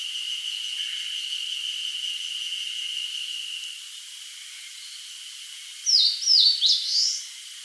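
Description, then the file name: Eastern crowned warbler giving a short burst of four quick slurred, dipping-and-rising notes near the end, after a steady high insect-like drone fades. "Phylloscopus coronatus"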